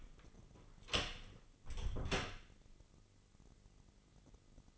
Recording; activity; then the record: daily activity, microphone in the room; close door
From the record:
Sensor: 4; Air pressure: 997.0 hPa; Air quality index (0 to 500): 69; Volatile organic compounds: 2 ppm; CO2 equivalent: 1271 ppm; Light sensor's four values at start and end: 18/41/17/17 and 18/43/17/17